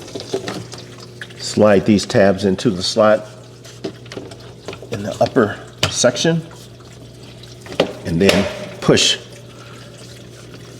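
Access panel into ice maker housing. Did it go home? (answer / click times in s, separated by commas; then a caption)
yes / 7.8 s. Someone talks while the tabs of the access panel on a KitchenAid KUIX335HPS01 ice maker are slid into the slot in the upper section and the panel is pushed forward into the ice maker housing. A sharp, loud snap at 7.8 s marks the panel seating into place, with faint water noise in the background.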